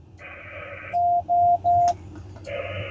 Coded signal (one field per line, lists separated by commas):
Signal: none